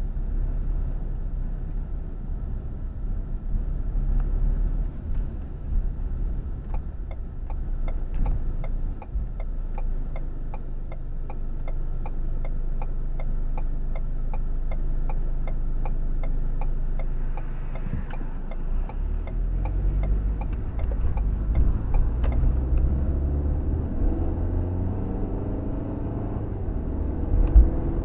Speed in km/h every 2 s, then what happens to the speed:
16, 16, 18, 11, 2, 0, 0, 0, 2, 10, 18, 35, 44, 47.
0-5 steady at about 16. 5-8 brakes to 2. 8-16 standing. 16-28 pulls away to 47.